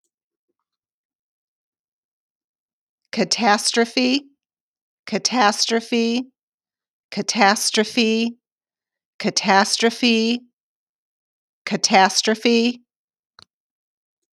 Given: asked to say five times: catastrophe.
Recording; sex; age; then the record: repeated word; female; 50 to 59 years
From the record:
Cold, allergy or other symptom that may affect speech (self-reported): no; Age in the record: 58 years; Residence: Ohio, United States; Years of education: 14